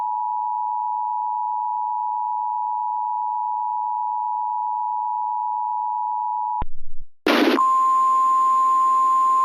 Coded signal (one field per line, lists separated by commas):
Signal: Emergency Alert System (SAME) tones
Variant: 853 and 960 Hz attention tone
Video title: EAS Recreation: PDS TOR for counties in Indiana. (Reupload)